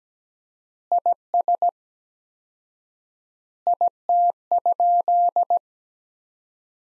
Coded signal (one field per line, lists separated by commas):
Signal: Morse code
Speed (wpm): 17 wpm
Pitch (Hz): 700 Hz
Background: none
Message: IS IT?